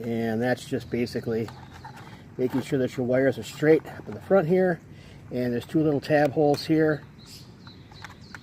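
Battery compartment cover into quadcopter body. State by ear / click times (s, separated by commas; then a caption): seated / 8.0 s, 8.4 s. A plastic battery compartment cover is fitted onto the body of a Song Yang X33C-1 toy quadcopter, its tabs going into two small tab holes, while someone talks. Short clicks follow at 8.0 s and 8.4 s as the cover snaps into place.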